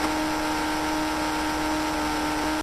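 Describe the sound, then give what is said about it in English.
A car engine idles after the car has pulled over, a steady, droning hum of constant mid pitch with a faint harmonic whine, holding even and unbroken for a few seconds with no voices. The car is damaged, with dents, a flat tire and a passenger door that will not open. “My car is trashed.”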